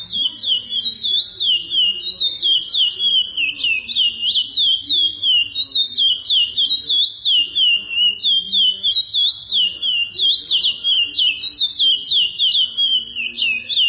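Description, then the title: Chestnut-bellied seed finch singing a continuous run of clear whistled, slurred notes, rising and falling in quick phrases about three per second, without pause for fourteen seconds. "Canto De Curio"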